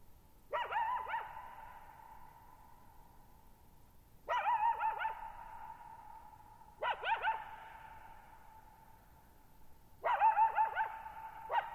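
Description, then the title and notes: Coyote sending out four quavering bursts of yips and wavering howls, each ringing on in a long echo that fills the silence between calls. Lone coyote at night, July 14, 2019, Thirtymile Meadows, Okanogan National Forest, Okanogan High Country, 6400 ft; high dry plateau, shallow bowl-shaped meadow, boggy ground, very quiet, reverberant. "Lone Coyote at Thirtymile Meadows. I spent the night of July 14, 2019, camped near Thirtymile Meadows in the Okanogan National Forest at 6400 ft (1950 m)"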